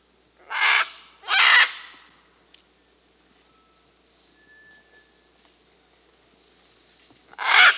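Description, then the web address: Scarlet macaw calls: two harsh, raucous squawks in quick succession, a long quiet pause with a faint thin tone, then another loud grating squawk at the end. Peru, South America. "S America Scarlet Macaw (Ara macao), Peru"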